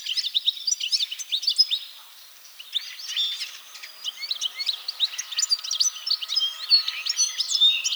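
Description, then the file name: European goldfinch twittering song, quick jangling chirps and slurred notes, pausing briefly after two seconds before resuming in a lively continuous flow. "Carduelis carduelis"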